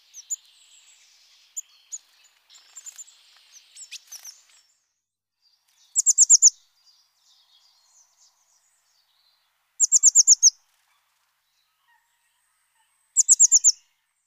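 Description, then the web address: Eurasian blue tit calls, short high rapid trills of several notes repeated every three to four seconds, after a few soft scattered chirps at the start. "Mesange bleue"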